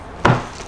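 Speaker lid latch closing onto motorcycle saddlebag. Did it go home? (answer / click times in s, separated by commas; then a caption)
yes / 0.2 s. An Advanblack 8-inch speaker lid with DS18 Pro Audio speakers, fitted with its tether and hinge, is shut onto a motorcycle saddlebag. Its latch catches with one sharp, woody knock at about 0.3 seconds against a quiet background. The lid latches shut and everything locks in place.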